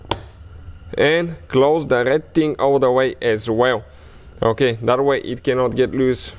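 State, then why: Seated. An airbag side impact pressure sensor electrical connector is pushed all the way into the sensor in a car door, giving a sharp click at 0.1 seconds as it seats. Someone then talks for the rest of the clip.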